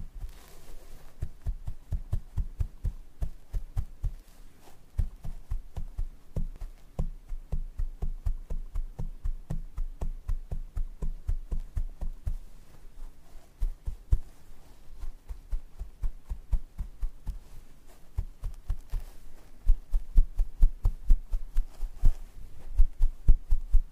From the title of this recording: Scalp Massage & Hair Brushing